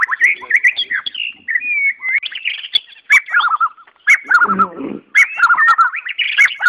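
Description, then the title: White-rumped shama giving melodious whistled phrases with downslurred notes and scattered clicks; a low rustling noise briefly underneath. Wild forest bird; its original, natural song. "Kicau Asli Murai Batu Hutan"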